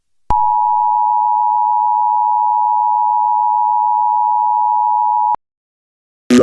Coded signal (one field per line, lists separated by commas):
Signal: Emergency Alert System (SAME) tones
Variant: 853 and 960 Hz attention tone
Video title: eas scenario: the comeback of the annoying daniel